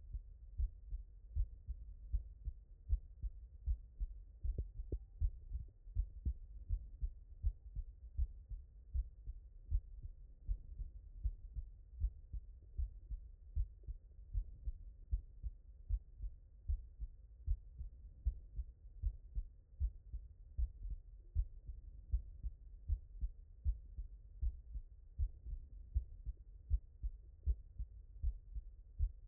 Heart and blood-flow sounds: heart sounds by stethoscope; tricuspid valve (TV)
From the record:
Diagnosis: non-HFrEF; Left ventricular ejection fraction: 68%

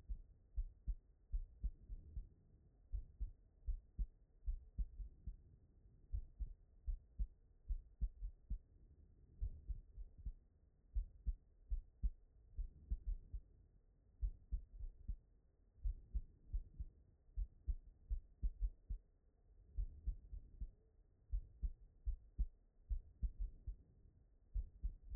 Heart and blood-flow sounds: heart sounds by stethoscope; pulmonary valve (PV)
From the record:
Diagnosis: non-HFrEF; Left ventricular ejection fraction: 56%

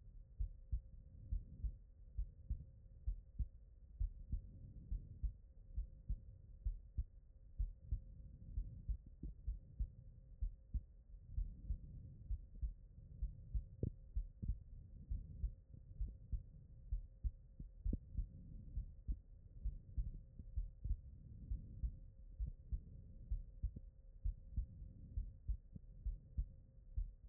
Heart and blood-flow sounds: heart sounds by stethoscope; pulmonary valve (PV)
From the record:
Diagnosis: non-HFrEF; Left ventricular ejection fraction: 68%

